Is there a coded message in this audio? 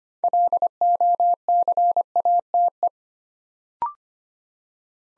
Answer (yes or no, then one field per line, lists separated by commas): yes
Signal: Morse code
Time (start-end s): 0.2-2.9 s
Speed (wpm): 25 wpm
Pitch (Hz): 700 Hz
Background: none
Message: LOCATE